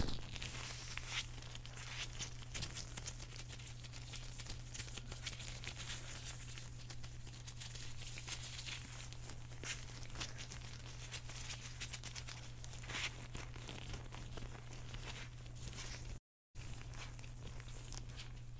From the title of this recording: GLOVE Sounds (Latex, Fabric, Etc.)